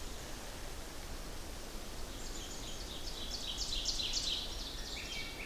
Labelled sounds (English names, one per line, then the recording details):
Ovenbird song
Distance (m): 40 m
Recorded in boreal forest in Alberta, Canada, on 14 June 2016 at 07:25
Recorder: SongMeter 3, array SBT-3-33
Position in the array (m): 256 m, 267 m
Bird 22